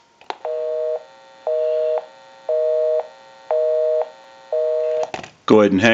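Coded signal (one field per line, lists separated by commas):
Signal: telephone call progress tone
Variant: North America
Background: speech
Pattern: busy tone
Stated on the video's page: Tone heard through a Mickey Mouse original model telephone during checkout and repair.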